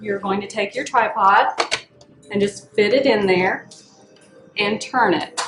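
A tripod's shaped end is fitted into the matching socket on the back of a stenography machine and turned so it will lock securely and the machine won't fall off. Someone talks throughout, with quiet handling sounds in the pauses. The tripod is not yet home and nothing has seated or clicked yet.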